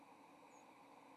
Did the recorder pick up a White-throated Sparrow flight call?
yes